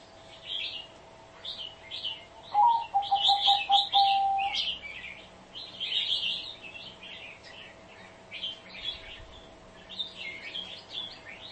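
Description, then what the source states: Spotted dove giving one low cooing phrase, a rapid string of pulsed coos trailing into a held note, while many small birds chirp and twitter throughout. Call used as a lure for trapping the birds.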